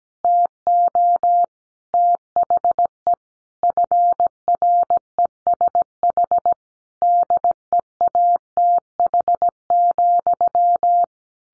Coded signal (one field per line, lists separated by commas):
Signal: Morse code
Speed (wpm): 17 wpm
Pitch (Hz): 700 Hz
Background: none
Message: TO THE FRESH DEATH,